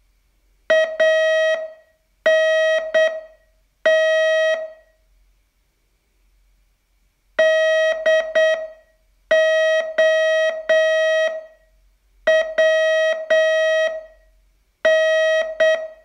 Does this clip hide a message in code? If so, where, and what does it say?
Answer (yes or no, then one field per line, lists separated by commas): yes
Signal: Morse code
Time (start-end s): 0.7-15.8 s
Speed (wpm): 8 wpm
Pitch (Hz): 640 Hz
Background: none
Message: ANT DOWN